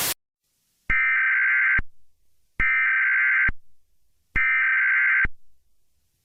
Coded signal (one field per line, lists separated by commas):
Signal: Emergency Alert System (SAME) tones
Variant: header bursts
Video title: EAS Scenario #2: Separatist Attack